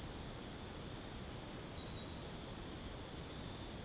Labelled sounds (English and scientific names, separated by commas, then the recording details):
none
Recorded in secondary vegetation near Puerto Asís, Putumayo, Colombia, on 21 December 2024 at 01:30
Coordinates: 0.489, -76.322
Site G059